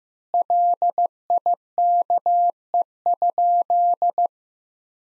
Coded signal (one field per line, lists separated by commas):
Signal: Morse code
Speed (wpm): 15 wpm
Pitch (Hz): 700 Hz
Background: none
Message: LIKE?